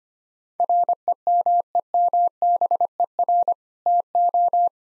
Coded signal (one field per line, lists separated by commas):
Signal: Morse code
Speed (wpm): 25 wpm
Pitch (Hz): 700 Hz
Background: none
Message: REMEMBER TO